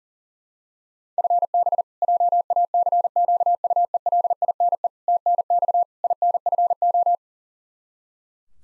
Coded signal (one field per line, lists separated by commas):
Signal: Morse code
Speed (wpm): 40 wpm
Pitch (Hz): 700 Hz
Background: none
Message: FB JACQUELINE TNX INFO